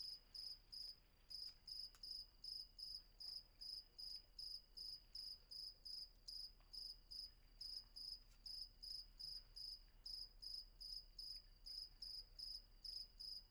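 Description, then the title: Cricket chirping in a fast even series of short bursts, with a faint second steady insect tone and a few soft clicks underneath. Night ambience with crickets at Vagia, Patmos, Greece; recorded with a Fostex FR-2 and an MKH800 microphone. "Patmos, Vagia, Griechenland - Nachtsimmung 03, Grillen"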